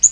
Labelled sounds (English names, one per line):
Yellow-rumped Warbler flight call